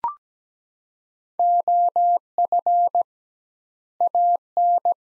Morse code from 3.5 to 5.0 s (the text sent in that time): AN